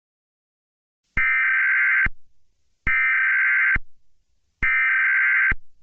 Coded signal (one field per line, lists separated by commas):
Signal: Emergency Alert System (SAME) tones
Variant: header bursts